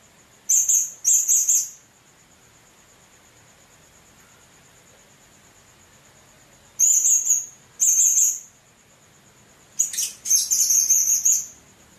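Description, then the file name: Hanging parrot calls: short, high, buzzy chattering bursts, mostly in pairs, with a faint constant high-pitched tone between them. "serindit"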